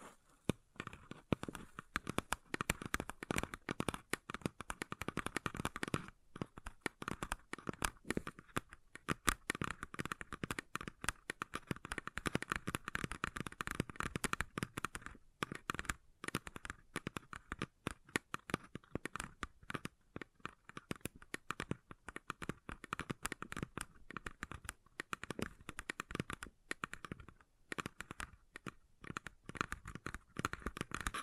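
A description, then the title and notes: A paper cup is handled, giving a dense run of crinkly taps and scratches with no real pause for the full half minute. The crackling is bright and irregular, with short, fast bursts and brief gaps. ASMR Deeply Relaxing Paper Cup Tingles 1 Hr (No Talking).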